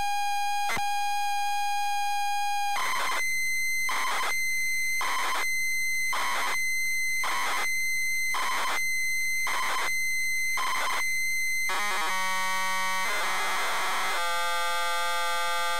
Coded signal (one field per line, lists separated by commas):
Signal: ZX Spectrum tape loading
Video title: ZX Spectrum New Zealand Story